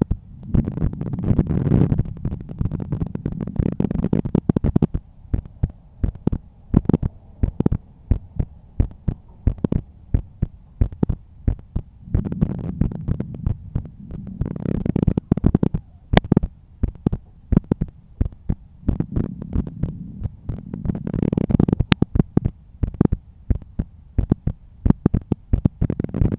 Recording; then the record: heart sounds by stethoscope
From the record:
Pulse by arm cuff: 86 bpm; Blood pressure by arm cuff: 133/84 mmHg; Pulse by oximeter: 88 bpm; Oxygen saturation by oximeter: 96%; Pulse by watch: 88 bpm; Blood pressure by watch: 126/80 mmHg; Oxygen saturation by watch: 96%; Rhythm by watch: sinus rhythm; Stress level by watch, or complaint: low stress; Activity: after 5 min smoking and 1 beer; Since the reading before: plus 3300 steps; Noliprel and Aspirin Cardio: no pills today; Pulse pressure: 49 mmHg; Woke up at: 7:30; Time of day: 21:07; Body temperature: 36.7 C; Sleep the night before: 9 h 22 min, score 68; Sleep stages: REM 22%, light 66%, deep 4%, awake 8%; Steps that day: 11800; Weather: clear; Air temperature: 16.6 C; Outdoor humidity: 79%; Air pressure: 1014 hPa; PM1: 6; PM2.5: 9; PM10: 12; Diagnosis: hypertension, treated with Noliprel and Aspirin Cardio 100 mg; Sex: male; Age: 53 years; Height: 174 cm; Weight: 81 kg